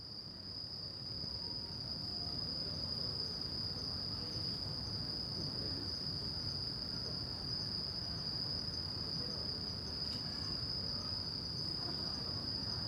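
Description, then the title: Crickets giving a continuous high, steady trill without pause, over low background noise. At night in a park in Shinjuku, Tokyo, Japan; recorded with DPA 4060 AB microphones into a Deity PR-2. "Arrondissement de Shinjuku, Japon - Shinjuku Gyoen Park - Crickets at night"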